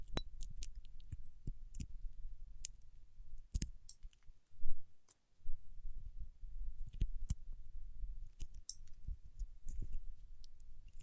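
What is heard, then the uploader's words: Wax fingertips rub and tap in an uneven run of soft crackles and sharp clicks over a low rumble, with a brief pause near five seconds. ASMR with Wax Fingertips for Sleep (No Talking).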